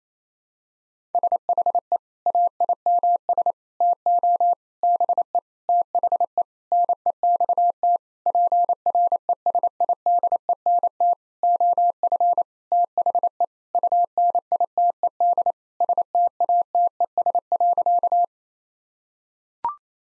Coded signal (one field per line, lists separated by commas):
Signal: Morse code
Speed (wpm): 28 wpm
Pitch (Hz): 700 Hz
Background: none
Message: SHE AIMS TO BE THE NEXT PRESIDENT OF THE UNITED STATES.